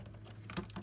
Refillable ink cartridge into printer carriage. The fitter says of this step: they're going to snap it in make sure it clicks in to their